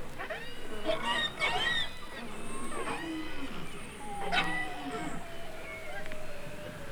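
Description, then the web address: Beluga whale calls, bursts of clicky pulsed squeals and chirps followed by a long slowly falling whistle, with a low rumble throughout. Several belugas in the Arctic. "Avant Garde Project. Arctic Belugas"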